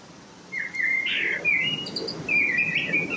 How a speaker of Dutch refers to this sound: De merel die Mark Berksma hoorde, is al duidelijk beter bij stem.